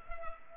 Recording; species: mosquito wingbeat signal from an infrared sensor; Culex pipiens